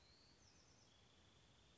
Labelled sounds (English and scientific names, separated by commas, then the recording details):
Bewick's Wren (Thryomanes bewickii)
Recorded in Sonoma County, California